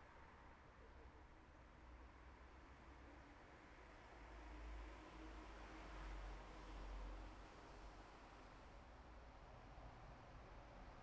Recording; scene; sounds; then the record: everyday scene through a hearing-aid microphone; in traffic; traffic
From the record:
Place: bus stop on a city main road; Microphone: behind the ear, left, front